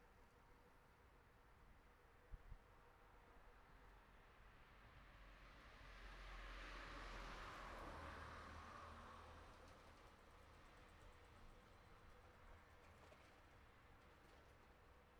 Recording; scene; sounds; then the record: everyday scene through a hearing-aid microphone; in traffic; traffic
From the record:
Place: city secondary road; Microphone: behind the ear, right, rear